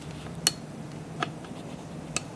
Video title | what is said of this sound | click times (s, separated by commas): KOMPRESOR OTOMATIS 5000PSI!!! REVIEW DAN TUTORIAL PEMAKAIANNYA | Nah, sampai bunyi klek ya. | 0.5 s